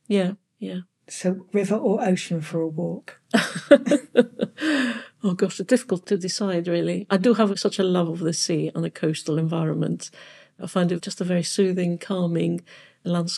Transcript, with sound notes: Yeah, yeah.
So river or ocean for a walk?
[Laughs] Oh gosh, I've got- difficult to decide, really. I do have such a love of the sea and a coastal environment.I find it just a very soothing, calming landscape.